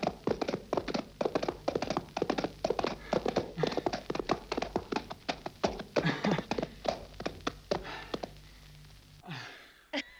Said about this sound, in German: Welch ungebührliche Eile, königliche Hoheit. Sie reiten ihr Pferd zu Schanden.